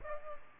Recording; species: mosquito wingbeat signal from an infrared sensor; Aedes aegypti